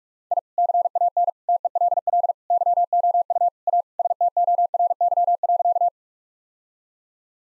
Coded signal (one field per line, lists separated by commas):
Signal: Morse code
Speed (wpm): 46 wpm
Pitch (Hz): 700 Hz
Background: none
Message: I CAN TELL YOU A STORY.